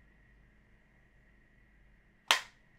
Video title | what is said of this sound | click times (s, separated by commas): Why Do Limbs Get Stuck in Gillo Risers? The Design Flaw Explained | and I'm going to turn it until you hear a click. | 2.3 s